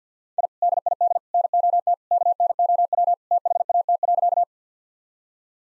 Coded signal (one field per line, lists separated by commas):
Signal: Morse code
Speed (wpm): 50 wpm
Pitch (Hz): 700 Hz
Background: none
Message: I DID NOT KNOW THAT.